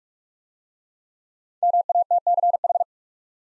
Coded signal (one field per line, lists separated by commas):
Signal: Morse code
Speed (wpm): 44 wpm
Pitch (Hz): 700 Hz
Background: none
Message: MATCH